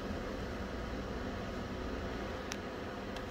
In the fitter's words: and then make sure that the colored dot is in the hole there click that into uh